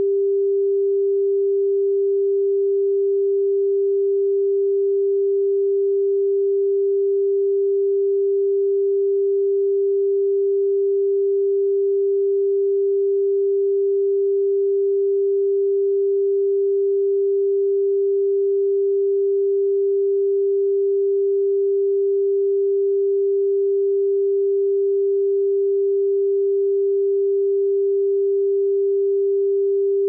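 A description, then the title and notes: A pure 396 Hz tone sounds without a break for the whole thirty seconds. The single mid-low note never wavers in pitch or loudness, and nothing else is heard, with no other sounds or background noise. 396 Pure Hertz.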